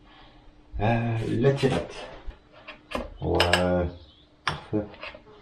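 While reassembling the D15Z06 engine of a Honda Civic EK3, someone talks and handles an engine part, pressing it toward its mounting on the engine, with a short sharp knock at about 3.0 s. The clip ends before the part goes home: nothing has seated or clicked yet.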